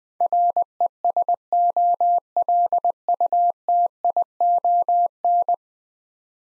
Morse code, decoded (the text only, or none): RESOLUTION